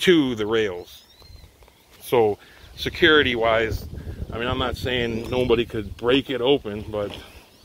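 Someone talks while handling a BAK X4 Revolver (part #79227) folding hard tonneau bed cover panel on a RAM TRX, whose panel is pushed down onto the truck bed rails to latch. A faint brief sound occurs around 1.6 s amid outdoor ambience. Nothing has seated or clicked yet; the panel is not yet latched into place.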